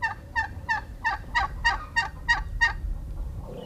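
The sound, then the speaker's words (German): Turkeys gobble in a quick, evenly spaced run of about nine bright, warbling bursts, loud and regular, before the calls die away into low farmyard rumble. “Bing, bing, bing, bing für die Truthähne.”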